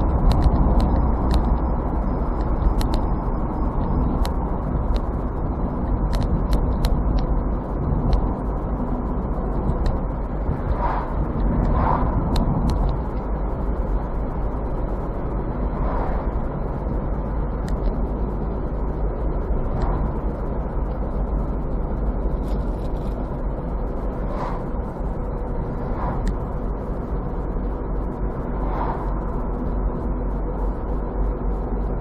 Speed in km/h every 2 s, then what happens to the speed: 63, 53, 52, 52, 53, 53, 53, 54, 55, 56, 56, 55, 50, 49, 49, 48.
0-3 brakes to 52. 3-19 steady at about 53. 19-26 slows to 49. 26-32 steady at about 49.